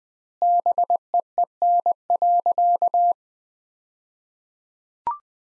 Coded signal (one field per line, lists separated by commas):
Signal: Morse code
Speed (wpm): 20 wpm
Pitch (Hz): 700 Hz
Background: none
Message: BEEN.